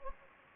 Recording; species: mosquito wingbeat signal from an infrared sensor; Anopheles gambiae